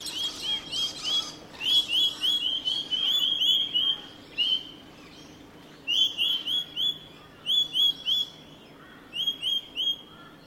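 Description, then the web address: Bird calls: short bursts of several sharp, high, clipped chirps in quick succession, separated by short pauses, over a faint steady hum. Recorded in Australia; species not identified. "Sound Effects-Foundation 1 BIRD AUS UNKNOWN 01 CALL 01"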